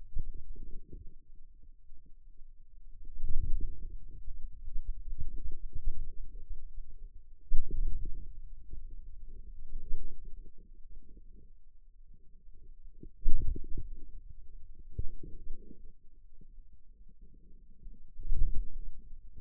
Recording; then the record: forearm muscle sounds (acoustic myography)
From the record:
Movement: wrist flexion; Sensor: system 2, bracelet of six BSWA MPA416 microphones around the upper forearm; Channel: 5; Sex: male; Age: 22 years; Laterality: right